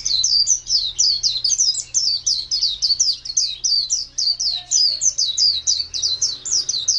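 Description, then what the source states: White-eye song of rapid, high, down-slurred chirps strung together without pause; faint low hum and a soft rumble in the background. White-eye (pleci) song in the style named ngalas panjang.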